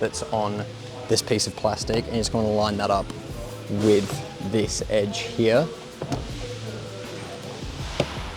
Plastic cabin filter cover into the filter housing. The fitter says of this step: and essentially when you push it you'll be able to feel it actually click into place and then essentially we just need to go